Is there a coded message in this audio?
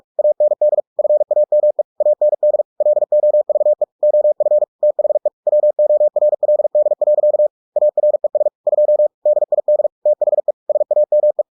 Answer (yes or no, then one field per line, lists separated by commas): yes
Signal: Morse code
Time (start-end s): 0.2-11.4 s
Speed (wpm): 46 wpm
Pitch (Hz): 600 Hz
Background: none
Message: AND FAME AND LOVE OF THE WORLD. ARES 2 DID THE SAME